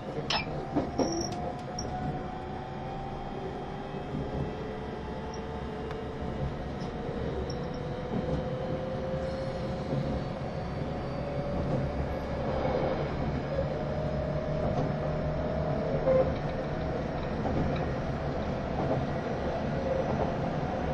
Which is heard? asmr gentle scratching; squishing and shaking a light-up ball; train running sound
train running sound